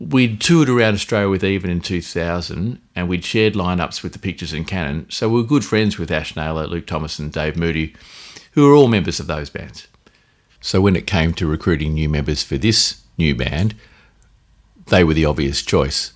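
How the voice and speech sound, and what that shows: Adult male speaker with a normal voice, talking in a radio interview.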